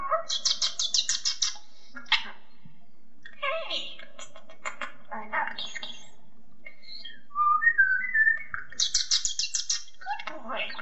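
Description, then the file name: Common starling song, a varied medley of rapid clicking rattles, buzzy bursts, sliding whistles and chatter, with a repeated high rattling phrase at the start and again near the end. Song variations. "jalak eropa suara variasi"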